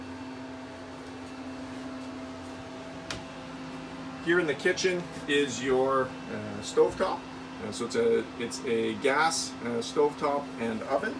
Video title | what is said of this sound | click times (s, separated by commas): 2019 Sportsmen LE 220 RDLE RV Orientation | furnace might still be trying to kick in and depleting their batteries so make sure when you go to turn that off you hear an audible click here | 3.1 s